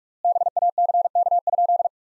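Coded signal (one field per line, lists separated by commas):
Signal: Morse code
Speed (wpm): 46 wpm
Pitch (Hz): 700 Hz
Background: none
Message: BACK?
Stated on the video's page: Practice sentences from top 300 words at 45 wpm with 4x word spacing, a word-based analogue of Farnsworth.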